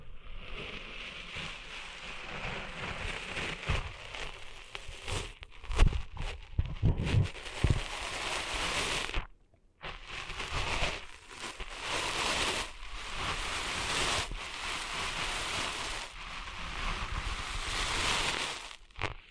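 Cleaning sand out of the ears: a dense, rough rushing and scraping fills the clip, bright and fairly steady, like surf or wind. Sharper knocks and rubbing bursts cluster around six to eight seconds, and the sound cuts out briefly near nine seconds before resuming.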